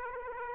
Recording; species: mosquito wingbeat signal from an infrared sensor; Aedes aegypti